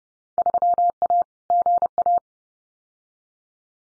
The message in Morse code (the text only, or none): 3A GA